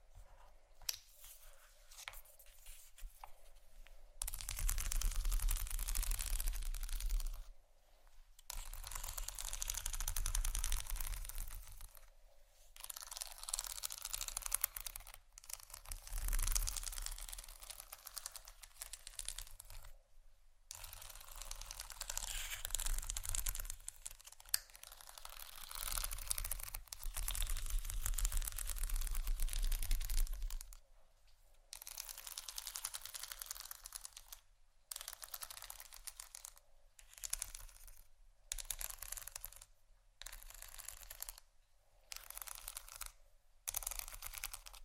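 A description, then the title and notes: Scratching and rough scraping in dense bursts, mostly from about four to thirty seconds, then breaking into short separate strokes with brief silences. ASMR Scratching & Tapping For Sleep（No Talking）.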